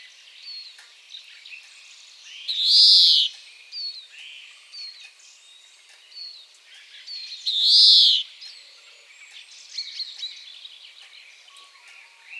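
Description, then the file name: European greenfinch: two loud, rasping, drawn-out wheezes roughly five seconds apart, with scattered high chirps and twittering in between. "Chloris chloris"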